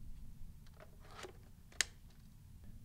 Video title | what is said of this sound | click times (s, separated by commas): Camera and Tripod Instruction | until you hear it click | 1.8 s